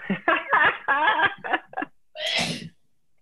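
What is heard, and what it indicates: Conversational speech, then a single sharp, noisy sneeze from an adult in another room, part of a sneezing fit possibly caused by dust, for which Claritin is being taken.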